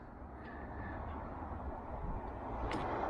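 On a Vivaro van, the inlet fuel feed line quick connector is being lined up on the outlet of the diesel fuel filter housing before it is pushed on. A steady, broad rumbling background slowly grows a little louder, with faint brief high tones near 0.5 s and 2.7 s. Nothing has seated or clicked yet.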